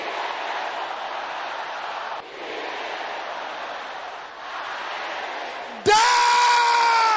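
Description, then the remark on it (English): An audience shouts out together in prayer against wickedness assigned against them, a dense, continuous roar of many voices, until a single loud, strained voice bursts in sharply near the end above the crowd. “Can I hear you shouting out?”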